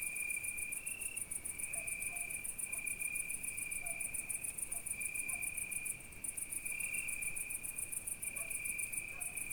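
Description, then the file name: Crickets singing at night, a steady high continuous trill with a second very high pulsing chirp line, plus faint soft chirps now and then. Night crickets, recorded at Izgrev. "Noshti shturci i koteto Petrova (s Izgrev)"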